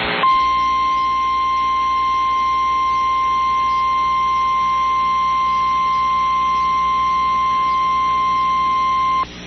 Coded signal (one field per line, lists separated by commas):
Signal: Emergency Alert System (SAME) tones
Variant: 1050 Hz attention tone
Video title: Central MS Alerts: EAS Alerts From 3/25/24 (EAS #2278-2286)